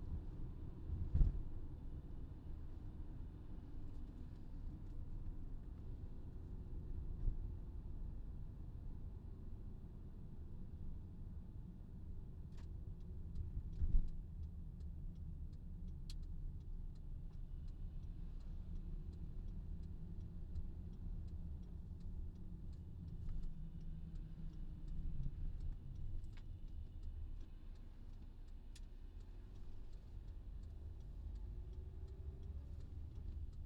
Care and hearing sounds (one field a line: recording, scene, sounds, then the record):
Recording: everyday scene through a hearing-aid microphone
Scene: in a vehicle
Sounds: engine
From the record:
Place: VW T5 Caravelle, diesel engine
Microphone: in the ear canal, left